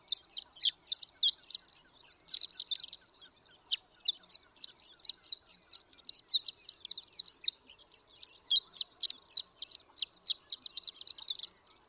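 Horned lark song, a long run of high, rapid tinkling notes with a short break before the twittering continues.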